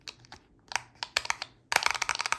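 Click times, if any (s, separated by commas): none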